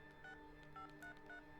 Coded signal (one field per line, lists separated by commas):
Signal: DTMF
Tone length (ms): 110 ms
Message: 6533